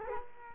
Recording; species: mosquito wingbeat signal from an infrared sensor; Culex quinquefasciatus